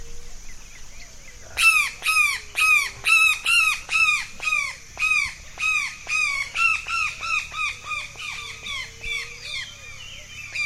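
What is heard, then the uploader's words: At an April sunrise in the orchard, a bird starts loud, rapid, regular squawking calls, over a faint steady whine and softer chirps. April Sunrise in the Orchard.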